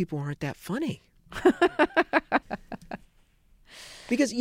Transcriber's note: laughter